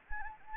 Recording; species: mosquito wingbeat signal from an infrared sensor; Anopheles gambiae